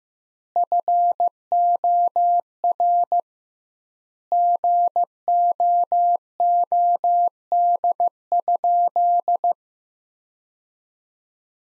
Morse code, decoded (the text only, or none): FOR GOOD?